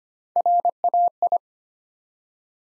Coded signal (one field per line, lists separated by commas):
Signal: Morse code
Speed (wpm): 25 wpm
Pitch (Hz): 700 Hz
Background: none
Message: RAI